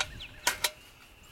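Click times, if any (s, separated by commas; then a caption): 0.5 s, 0.6 s. The folding metal support legs on a Biolite wood-burning camp stove are squeezed so they pop out and lock into place. Two small, sharp metallic clicks sound at 0.5 s and 0.7 s over quiet background. The legs are seated and locked.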